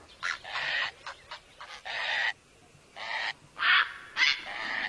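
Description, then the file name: Great blue heron uttering rough, noisy squawks in uneven bursts, some drawn out and grating, others short and clipped, with a faint hiss underneath. "Canto do garca azul grande"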